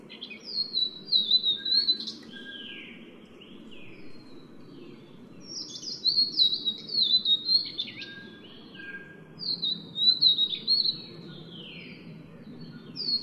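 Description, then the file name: Vivid niltava song: bursts of thin, high whistled phrases sliding up and down, given in groups separated by pauses of a few seconds, over a low steady hum. "黃腹琉璃"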